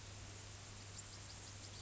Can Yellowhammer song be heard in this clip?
no